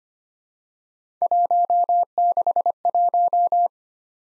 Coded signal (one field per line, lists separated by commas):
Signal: Morse code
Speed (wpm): 25 wpm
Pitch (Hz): 700 Hz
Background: none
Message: 161